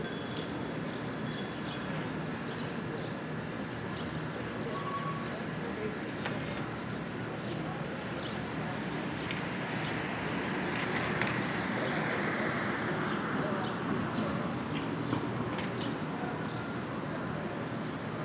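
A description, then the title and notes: A city morning in Brooklyn, with a dense, steady wash of low traffic rumble and indistinct voices throughout. Brief clicks and knocks dot the mix, and a brighter swell of passing vehicle noise builds around the middle before easing off. Brooklyn Morning. Rooftop.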